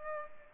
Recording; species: mosquito wingbeat signal from an infrared sensor; Culex pipiens